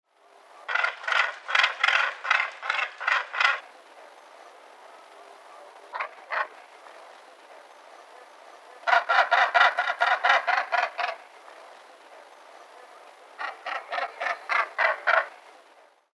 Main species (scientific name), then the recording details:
Morus bassanus. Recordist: Tembrock, Günter. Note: Rufreihen eines Paares